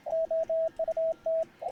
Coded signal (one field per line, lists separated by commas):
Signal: Morse code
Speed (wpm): 27 wpm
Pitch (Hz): 650 Hz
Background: radio noise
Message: OUT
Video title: I made a Multi Band vertical and RAG CHEW with the Bug Key